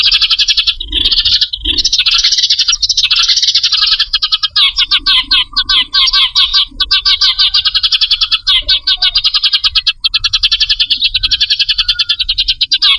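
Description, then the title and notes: Birds give rapid high chips and trills in a crowded, continuous chorus, the notes pulsing quickly with a couple of soft low knocks early on. Compilation of lure calls used to attract wary, hard-to-approach birds. "Suara Burung Bandel Yang Susah Mendekati. Kompilasi Suara Pikat Burung"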